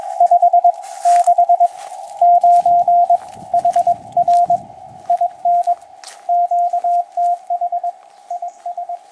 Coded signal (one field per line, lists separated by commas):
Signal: Morse code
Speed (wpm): 21 wpm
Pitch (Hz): 700 Hz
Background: radio noise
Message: 569 HR IN QTH IS